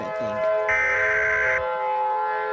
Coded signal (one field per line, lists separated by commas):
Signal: Emergency Alert System (SAME) tones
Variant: header bursts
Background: speech